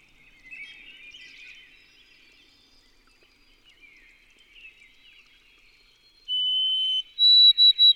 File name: White-throated Sparrow